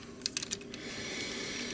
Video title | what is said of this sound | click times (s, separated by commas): Hot Rod's Wild Articulation - Transformers Titans Return | and then fold it down, and it should snap into place. | 0.3 s